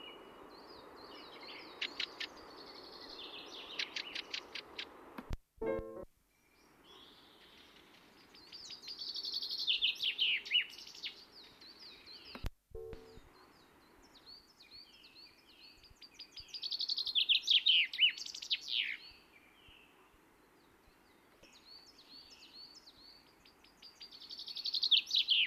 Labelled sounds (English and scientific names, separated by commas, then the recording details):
Common Chaffinch (Fringilla coelebs)
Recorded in the wild
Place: Oberstdorf, Bayern, DE
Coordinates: 47.3806, 10.2919
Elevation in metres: 900
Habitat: mountains
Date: 1977-03-20
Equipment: Nagra IV, Sennheiser MKH 405, Parabolreflektor
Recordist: Tretzel, Erwin